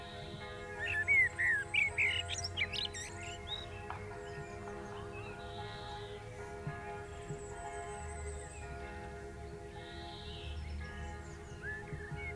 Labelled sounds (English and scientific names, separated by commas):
Common Blackbird (Turdus merula) song